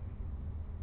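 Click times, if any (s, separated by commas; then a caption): none. A part with tabs on both sides is handled and lined up against a mounting bracket. Only a steady, low broadband rumble is heard, concentrated below about 4 kHz, with no distinct impacts. Nothing has seated or clicked into place yet.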